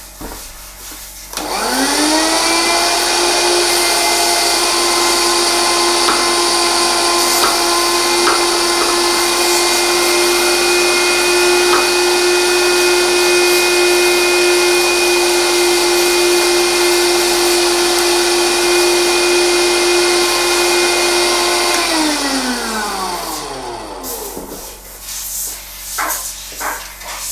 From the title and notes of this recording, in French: Duo Compresseur Hachoir. Yzeure.